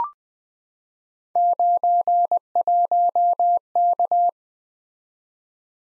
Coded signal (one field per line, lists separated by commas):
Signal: Morse code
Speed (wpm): 20 wpm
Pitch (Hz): 700 Hz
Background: none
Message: 91K